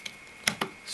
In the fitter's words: snaps into place